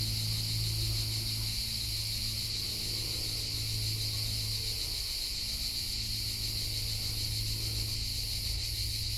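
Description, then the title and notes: Crickets trill in a thick, even wall of sound, with faint pulsing in the highest buzz over a low drone. Hundreds of crickets and cicadas in a pine grove in Collserola, morning, over 30 °C heat, binaural recording. "Grills Collserola. Esta mañana he hecho una parada en una pineda de Collserola a más de 30 grados. Asociamos el calor a los grillos y las cigarras y en esta grabación binaural se escuchan a cientos"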